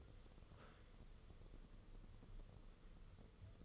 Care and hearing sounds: daily activity, microphone in the room; sit down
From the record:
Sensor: 4

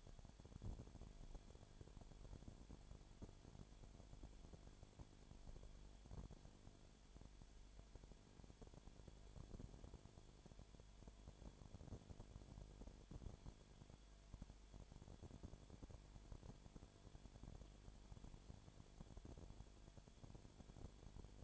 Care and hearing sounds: daily activity, microphone in the room; no activity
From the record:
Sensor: 5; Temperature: 19.9 degrees Celsius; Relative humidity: 37.1%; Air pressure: 1007.4 hPa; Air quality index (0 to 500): 84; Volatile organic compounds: 1 ppm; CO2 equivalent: 958 ppm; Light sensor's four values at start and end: 2/3/1/1 and 2/3/1/1

